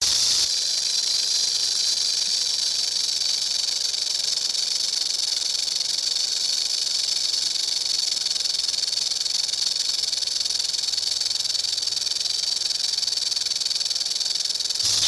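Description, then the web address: Rattlesnake rattling: a steady, dry, high-pitched buzz that holds unbroken for about fifteen seconds, with nothing else heard. "Sound FX Collection rattlesnake"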